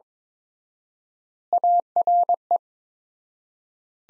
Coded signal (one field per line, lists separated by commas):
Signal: Morse code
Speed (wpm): 23 wpm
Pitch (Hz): 700 Hz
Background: none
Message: ARE